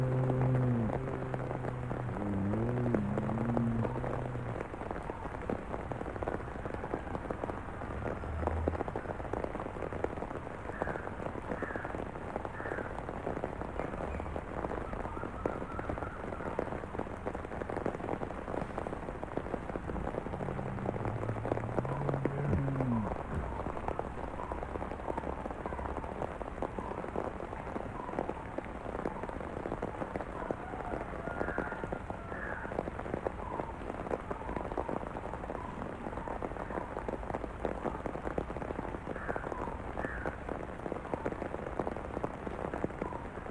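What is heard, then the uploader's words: Steady, dense rain patters on a surface for the whole stretch, a constant hiss with no letup. Low grunting growls from bears come near the start and again around twenty seconds in, and brief higher chirps surface now and then behind the rain. Bears Just Outside Your Tent While Your Cooking Dinner on a Rainy Night in The Woods.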